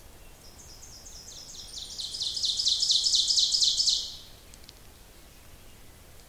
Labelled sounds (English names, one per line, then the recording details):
Ovenbird song
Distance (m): 20 m
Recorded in boreal forest in Alberta, Canada, on 26 May 2016 at 06:33
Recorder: SongMeter 3, array SBT-3-15
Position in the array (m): 46 m, 237 m
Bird 20